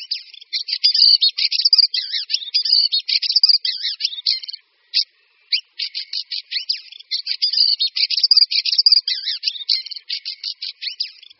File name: Drozd-kvíčala